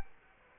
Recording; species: mosquito wingbeat signal from an infrared sensor; Culex quinquefasciatus